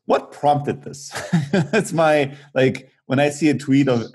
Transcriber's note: laughing